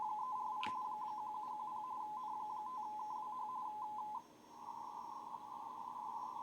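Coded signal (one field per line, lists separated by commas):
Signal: RTTY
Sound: rapid warbling between two close tones for four seconds, a click, then hiss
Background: radio static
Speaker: working somebody else make you call me anyway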